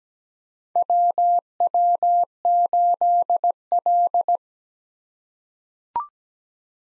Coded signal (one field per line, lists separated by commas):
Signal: Morse code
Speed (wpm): 17 wpm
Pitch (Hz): 700 Hz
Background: none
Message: WW8L